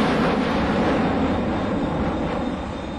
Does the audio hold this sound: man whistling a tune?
no